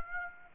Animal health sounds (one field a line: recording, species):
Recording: mosquito wingbeat signal from an infrared sensor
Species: Aedes aegypti